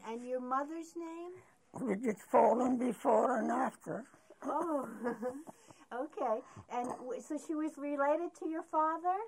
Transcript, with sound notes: And your mother's name?
Bridget Folan, before and after (laughs)
(laughing) Oh, okay. And so she was related to your father?